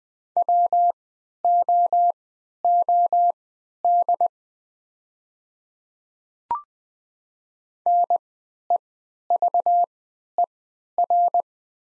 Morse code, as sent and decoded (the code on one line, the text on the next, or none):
.-- --- --- -.. / -. . ...- . .-.
WOOD NEVER